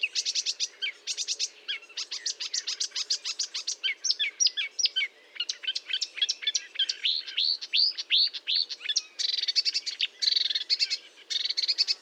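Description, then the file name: Marsh warbler song, a dense nonstop stream of chattering, trilled and whistled notes, rapidly varied with scratchy buzzes, over a faint low hum. Recorded at Fontaine-Française, Fourneau, on 1 June 2022 at 10:55, using Nagra and Telinga equipment. "Rousserolle verderolle 20220601 1055 Fontaine-Francaise-Fourneau-Nagra-Telinga"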